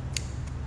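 A cut-off disc is pushed onto the quick-connect mandrel, a Dremel part, on a flexible-head Milwaukee rotary tool. A sharp snap at 0.2 s over a steady low hum shows the disc locking in place, and it is seated.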